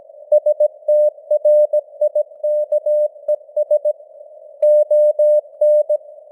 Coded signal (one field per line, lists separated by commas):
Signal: Morse code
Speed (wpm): 17 wpm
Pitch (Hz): 600 Hz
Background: none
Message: STRIKES ON